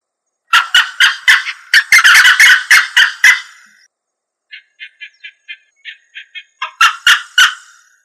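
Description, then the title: Rail calls: a burst of loud, harsh, repeated squawks, a run of softer evenly spaced clucking notes, then more loud raucous calls at the end. "LuckyFamilia RallidaeFrangoSama"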